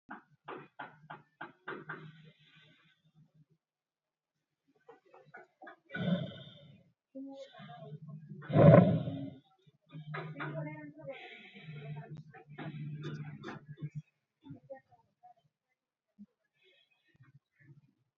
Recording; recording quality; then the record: shallow breathing; excellent, no background noise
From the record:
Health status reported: healthy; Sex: male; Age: 20 years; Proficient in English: yes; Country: India